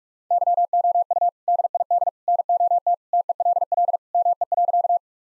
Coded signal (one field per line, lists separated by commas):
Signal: Morse code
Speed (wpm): 46 wpm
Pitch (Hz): 700 Hz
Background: none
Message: YOU DID NOT TELL ME.